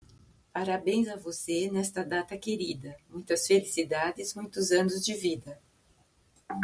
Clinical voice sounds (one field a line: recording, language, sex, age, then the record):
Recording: short text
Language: Brazilian Portuguese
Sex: female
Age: 60 to 69 years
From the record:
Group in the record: control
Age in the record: 60 years